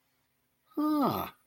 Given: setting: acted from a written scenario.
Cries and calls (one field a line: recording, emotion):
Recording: vocal sound without words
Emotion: positive surprise